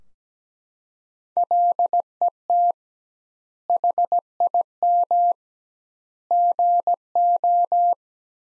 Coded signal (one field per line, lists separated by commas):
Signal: Morse code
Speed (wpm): 17 wpm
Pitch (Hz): 700 Hz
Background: none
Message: LET HIM GO